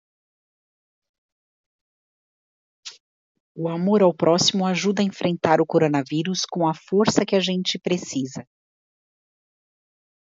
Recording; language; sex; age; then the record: spoken sentence; Brazilian Portuguese; female; 40 to 49 years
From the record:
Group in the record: control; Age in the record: 45 years